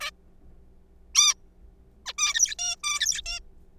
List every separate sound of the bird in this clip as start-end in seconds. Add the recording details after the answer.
0.01-0.11, 1.15-1.34, 2.06-2.13, 2.18-2.56, 2.59-2.76, 2.84-3.22, 3.26-3.40. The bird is a juvenile. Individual R3428